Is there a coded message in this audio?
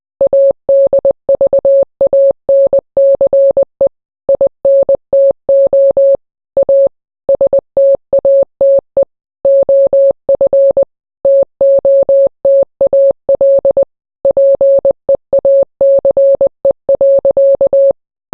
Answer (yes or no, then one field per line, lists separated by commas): yes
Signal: Morse code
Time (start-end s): 0.2-17.9 s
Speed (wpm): 20 wpm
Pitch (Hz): 550 Hz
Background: none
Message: ADVANCE INTO A STATE OF TOTAL PEACE.